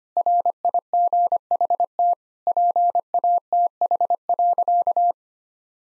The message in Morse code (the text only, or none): RIGHT PATH.